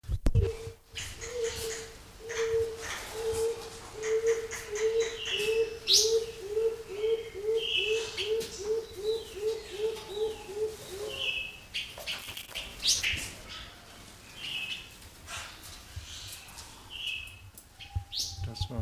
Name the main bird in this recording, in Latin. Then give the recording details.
Ptilinopus coronulatus. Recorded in captivity. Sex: male. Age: adult. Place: Zoo Berlin, Berlin, DE. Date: 2003-01-17 16:10. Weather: fair, 5°C. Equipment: Nagra SN, Kopie Uher 4000 Report Monitor. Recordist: Tembrock, Günter. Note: Männchen: Lautfolge